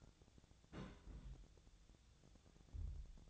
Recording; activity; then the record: daily activity, microphone in the room; place on stove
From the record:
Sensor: 3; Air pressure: 999.9 hPa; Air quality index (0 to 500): 128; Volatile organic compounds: 2 ppm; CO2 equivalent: 1150 ppm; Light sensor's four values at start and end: 45/113/49/54 and 45/114/49/54